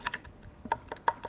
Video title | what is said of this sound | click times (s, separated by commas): Nyobain Cordless Jig Saw POWER ACTION CJS20 (bare Unit) | kalian dorong aja ke arah belakang ke arah depan maksudnya sampai dia bunyi klik gitu nah | 1.1 s